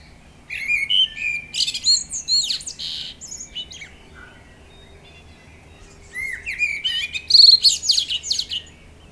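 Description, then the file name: Common blackbird song in two phrases, each of mellow whistles breaking into squeaky high twitters, separated by a short quieter pause. "Turdus merula"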